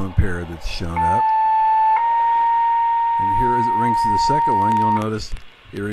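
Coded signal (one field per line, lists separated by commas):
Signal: two-tone page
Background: speech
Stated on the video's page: Firehouse two-tone fire page received on a Uniden BCT-15X scanner in tone-out mode, which stays silent until the correct frequency and two-tone page arrive.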